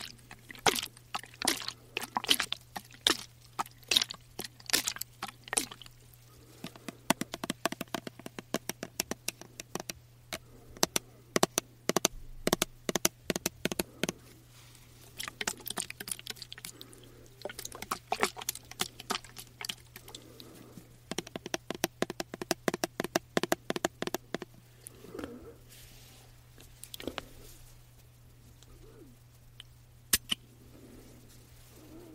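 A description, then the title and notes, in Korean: Tapping on diffuser and body mist bottles, with bottle shaking. Quick, irregular clicky taps come in dense bursts throughout, sometimes pausing briefly, with a few sharper knocks near the end. A steady low hum runs underneath the whole time. ASMR 말없이 디퓨저, 바디미스트 탭핑 , 흔드는 소리.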